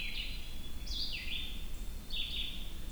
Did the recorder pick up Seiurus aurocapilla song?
no